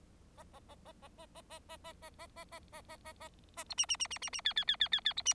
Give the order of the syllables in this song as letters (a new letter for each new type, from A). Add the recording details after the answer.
A A A A A A A A A A A A A A A A A A A B C C C C C C D D D D D D B C. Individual Bird4